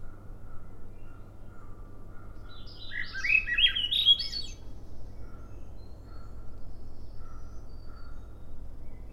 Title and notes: Swainson's Thrush am. Swainson's Thrush (Spring Peeper-like sound in background -- "wee" call. is the call of another Swainson's Thrush) on trail to "Ocean Bench" off Sun Dew Trail, Schoodic Division, Acadia National Park. Mostly cloudy, 54 degrees calm seas